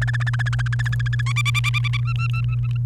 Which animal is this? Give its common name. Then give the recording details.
Domestic Canary. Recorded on 29 April 2018 at 06:18. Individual llb3